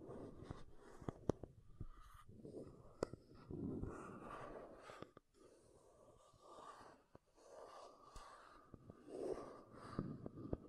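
Makeup tapping and scratching: soft rasping swells come and go while sharp, irregular taps click through, with a few brief quiet gaps.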